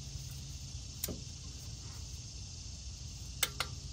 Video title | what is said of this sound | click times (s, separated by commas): Installing 2010-2013 Acura ZDX timing belt, drive belt, J-pipe DIY instructions tutorial steps | all right 33 you hear that click that means it hits the the target torque range | 3.4 s, 3.6 s